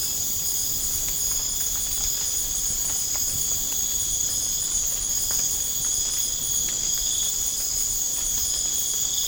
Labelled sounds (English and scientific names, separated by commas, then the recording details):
none
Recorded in pastures near Puerto Asís, Putumayo, Colombia, on 25 June 2025 at 02:30
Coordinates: 0.496, -76.326
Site GP01